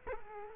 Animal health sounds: mosquito wingbeat signal from an infrared sensor; Culex quinquefasciatus

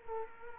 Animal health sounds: mosquito wingbeat signal from an infrared sensor; Culex quinquefasciatus

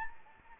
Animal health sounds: mosquito wingbeat signal from an infrared sensor; Anopheles arabiensis

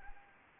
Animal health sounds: mosquito wingbeat signal from an infrared sensor; Anopheles arabiensis

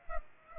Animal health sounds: mosquito wingbeat signal from an infrared sensor; Aedes aegypti

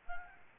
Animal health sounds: mosquito wingbeat signal from an infrared sensor; Aedes albopictus

